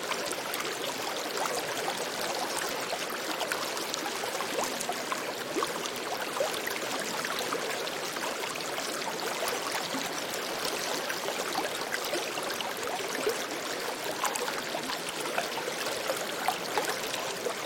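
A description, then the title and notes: A gentle river runs steadily, its water trickling and splashing in a dense, even rush that never lets up. The sound is bright, full of fine bubbling detail, with little low rumble beneath it. The calming notes of a gentle river. Soothing water stream. Calm river flow.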